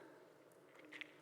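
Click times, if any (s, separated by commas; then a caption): 1.0 s. A keyed wire connector is pushed onto a controller board header for a light sculpture; it only fits one way. After a soft rustle of handling, a single sharp snap comes at 1.0 s, and the connector is seated in the header.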